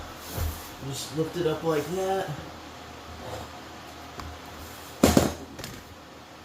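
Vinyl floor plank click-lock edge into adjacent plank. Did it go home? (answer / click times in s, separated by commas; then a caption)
yes / 5.0 s. A last-row vinyl floor plank is lifted at an angle and jiggled so that its click-lock edge drops into the adjacent plank while someone talks. A few soft knocks are heard, then a sharp click at 5.0 s as the joint seats into place.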